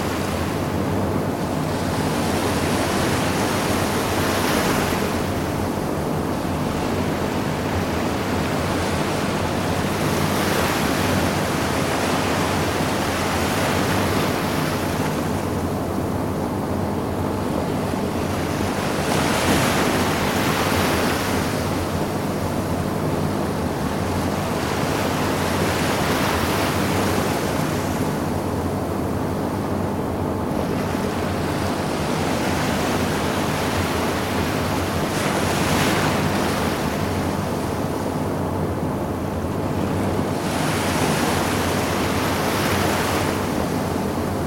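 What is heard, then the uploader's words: A box fan hums and whooshes steadily while surf swells and breaks in regular waves roughly every five seconds behind it. Box Fan by the Beach.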